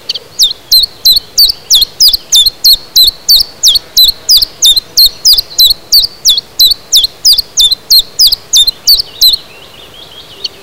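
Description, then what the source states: Common chiffchaff delivering a long, regular series of high, clipped notes in quick succession, continuing for about nine seconds before falling quiet. Recorded in spring 2010.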